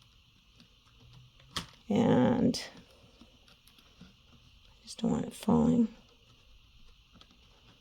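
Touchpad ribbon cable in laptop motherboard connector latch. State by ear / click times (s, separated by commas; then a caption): seated / 7.2 s. A laptop touchpad's flat plastic ribbon cable is inserted into its motherboard connector, and the small hinged locking bar is pressed down over it while someone talks. At 7.2 s the connector latch gives a faint snap as it shuts, and the cable is seated.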